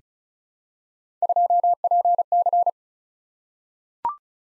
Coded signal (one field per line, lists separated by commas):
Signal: Morse code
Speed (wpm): 36 wpm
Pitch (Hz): 700 Hz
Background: none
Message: 2PC